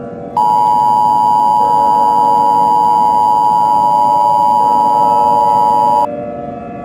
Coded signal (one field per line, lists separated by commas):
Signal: Emergency Alert System (SAME) tones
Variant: 853 and 960 Hz attention tone